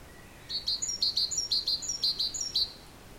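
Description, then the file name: Great tit song: a quick series of high, sharp two-note units over about two seconds. "Parus major"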